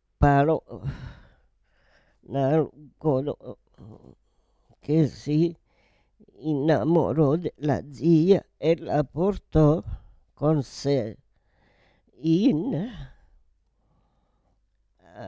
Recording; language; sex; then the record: read passage; Italian; female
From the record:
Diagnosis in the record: Parkinson's disease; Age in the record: 78 years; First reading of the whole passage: 164 s, 3.2 characters per second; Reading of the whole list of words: 108 s, 2.6 characters per second